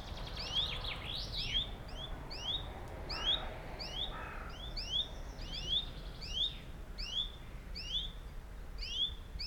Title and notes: Buchet, Deutschland - Vogelwettschreien. Birds battle. Zwei Vögel schreien um die Wette, auf der westlich gelegenen Straße fährt ein Bus, ein Flugzeug fliegt über das Gebiet